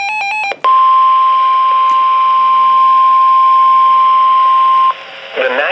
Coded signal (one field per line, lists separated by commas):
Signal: Emergency Alert System (SAME) tones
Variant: 1050 Hz attention tone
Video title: Severe Thunderstorm Warning (EAS #1657)